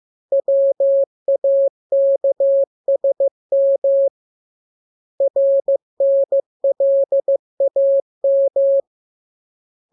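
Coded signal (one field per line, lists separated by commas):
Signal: Morse code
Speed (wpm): 15 wpm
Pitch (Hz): 550 Hz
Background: none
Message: WAKSM RNLAM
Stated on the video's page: Lesson drill of letters, each radiogram opened with VVV and a section sign and closed with AR.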